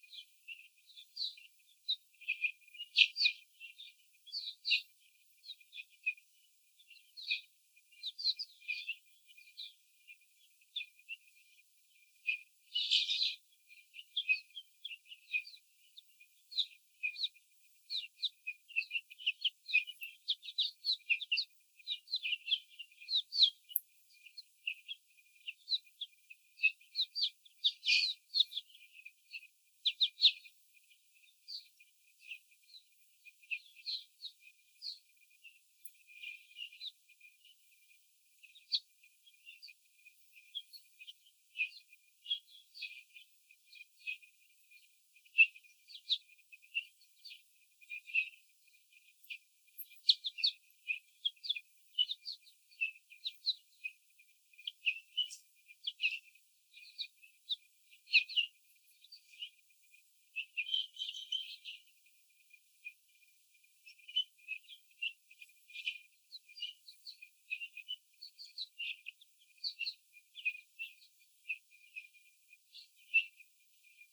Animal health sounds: young laying hens in a cage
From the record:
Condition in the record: before the stressor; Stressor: sudden umbrella opening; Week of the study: 3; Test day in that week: 2

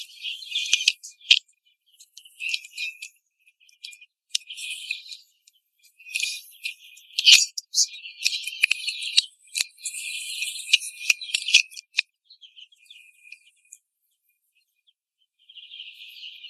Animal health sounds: young laying hens in a cage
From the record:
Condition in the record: after the stressor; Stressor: simulated dog barking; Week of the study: 2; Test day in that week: 3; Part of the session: 1

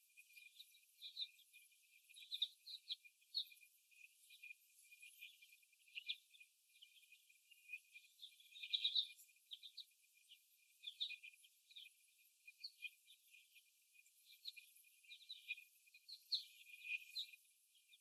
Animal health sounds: young laying hens in a cage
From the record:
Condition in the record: before the stressor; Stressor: simulated dog barking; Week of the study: 1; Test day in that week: 1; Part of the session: 3

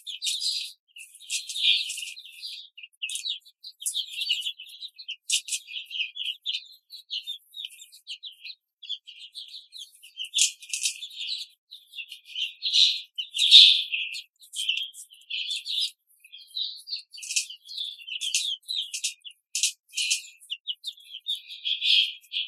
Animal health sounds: young laying hens in a cage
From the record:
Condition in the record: control cage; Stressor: none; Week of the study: 5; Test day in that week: 1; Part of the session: 1

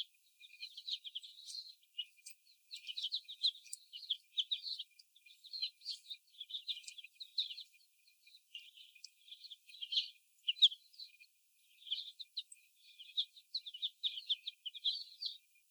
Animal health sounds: young laying hens in a cage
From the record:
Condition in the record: before the stressor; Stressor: sudden umbrella opening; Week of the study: 1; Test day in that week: 1

